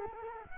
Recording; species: mosquito wingbeat signal from an infrared sensor; Culex quinquefasciatus